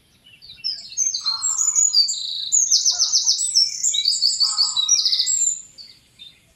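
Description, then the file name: Eurasian wren song: a loud, rapid torrent of high trills and sharp notes lasting about five seconds, with a few lower buzzy phrases. "Troglodytes troglodytes"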